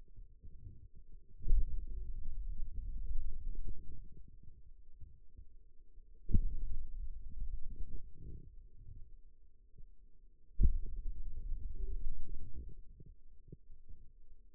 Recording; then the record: forearm muscle sounds (acoustic myography)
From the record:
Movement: pen grasping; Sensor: system 2, bracelet of six BSWA MPA416 microphones around the upper forearm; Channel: 3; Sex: male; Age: 22 years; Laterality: right